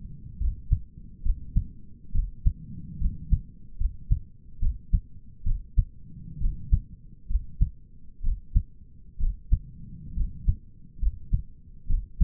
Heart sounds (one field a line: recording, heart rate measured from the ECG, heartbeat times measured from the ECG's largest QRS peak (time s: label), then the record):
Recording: heart sounds by stethoscope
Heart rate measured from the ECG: 68 bpm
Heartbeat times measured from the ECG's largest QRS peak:
0.40 s: heartbeat
1.25 s: heartbeat
2.14 s: heartbeat
3.01 s: heartbeat
3.80 s: heartbeat
4.62 s: heartbeat
5.46 s: heartbeat
6.41 s: heartbeat
7.30 s: heartbeat
8.24 s: heartbeat
9.20 s: heartbeat
10.16 s: heartbeat
11.02 s: heartbeat
11.89 s: heartbeat
From the record:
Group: healthy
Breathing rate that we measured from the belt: 18 breaths a minute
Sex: male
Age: 22 years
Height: 181 cm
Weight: 79 kg